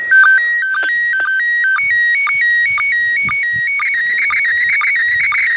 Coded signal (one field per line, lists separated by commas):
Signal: SSTV (slow-scan television)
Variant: PD 120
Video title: #REWA ISS slow scan TV image decoding